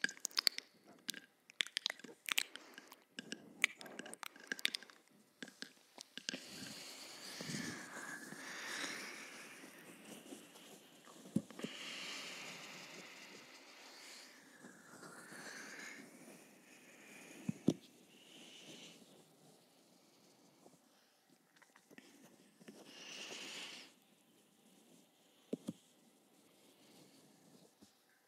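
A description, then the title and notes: Wet mouth sounds: sharp clicks and smacks come thick and irregular in the first few seconds, then give way to softer breathy, slurping passages with scattered pops, including a loud one near 18 seconds. Everything sits bright. Hyper Intense Binaural Mouth Sounds. First time ever using a 3Dio Mic to test the sounds....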